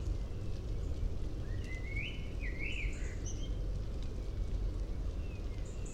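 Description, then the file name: Common blackbird delivering a single rich warbled phrase with a rising-falling flute-like contour and faint high twitters, set against a heavy low background hum. "Turdus merula"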